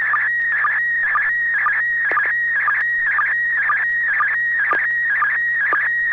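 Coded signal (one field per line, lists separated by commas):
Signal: SSTV (slow-scan television)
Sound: continuous warbling tone with short low blips about twice a second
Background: low steady hum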